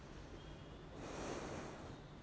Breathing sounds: one breath in and out by a microphone near the nose and mouth; normal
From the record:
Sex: female

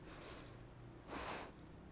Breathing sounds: one breath in and out by a microphone near the nose and mouth; deep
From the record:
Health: marked as sick, illness not named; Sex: female

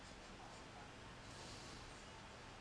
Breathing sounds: one breath in and out by a microphone near the nose and mouth; normal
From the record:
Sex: male

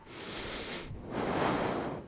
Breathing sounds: one breath in and out by a microphone near the nose and mouth; deep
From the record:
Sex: male

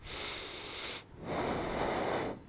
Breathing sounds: one breath in and out by a microphone near the nose and mouth; deep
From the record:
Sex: male

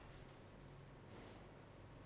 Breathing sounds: one breath in and out by a microphone near the nose and mouth; normal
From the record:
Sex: male

